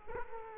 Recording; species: mosquito wingbeat signal from an infrared sensor; Culex quinquefasciatus